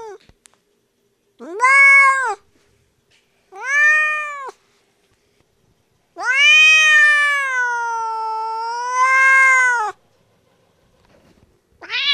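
Bobcat distress call: two brief arched yowls, then a long wavering wail of nearly four seconds that dips and rises; another cry starts at the end.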